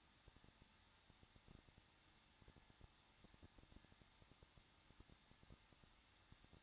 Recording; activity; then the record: daily activity, microphone in the room; no activity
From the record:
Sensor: 3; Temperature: 21.2 degrees Celsius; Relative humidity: 36.3%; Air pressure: 1006.3 hPa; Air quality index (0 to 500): 222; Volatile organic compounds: 41 ppm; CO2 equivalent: 3172 ppm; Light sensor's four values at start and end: 2/3/2/2 and 2/3/2/2